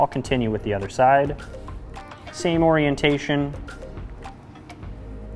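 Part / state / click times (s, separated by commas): rubber quick-disconnect mount into motorcycle headlight guard bracket / not seated / none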